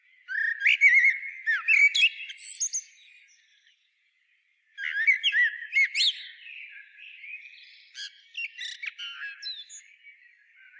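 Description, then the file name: Eurasian blackbird singing: a warbled, fluting phrase with high twitters, a brief silence, then another mellow phrase trailing into softer twittering. "Turdus merula"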